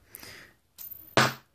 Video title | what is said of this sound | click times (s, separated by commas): Ridgid Cordless Tool Set Review | Pretty simple. Push in, it clicks into place. | 0.1 s